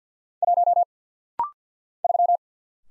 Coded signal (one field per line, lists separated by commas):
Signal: Morse code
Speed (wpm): 50 wpm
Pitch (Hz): 700 Hz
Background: none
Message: 1 3